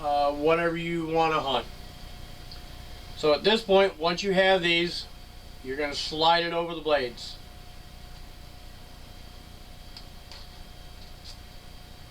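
A locking collar is slid over the blades of an arrow nock while someone talks, and a few small handling ticks follow near 2.5, 10.0 and 10.3 seconds. Nothing has clicked or locked into place yet.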